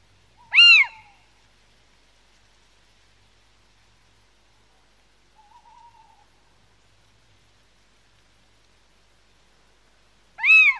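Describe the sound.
Little owl giving loud, arched, mewing 'kiew' calls at the start and end, with a soft, lower note in between; otherwise quiet.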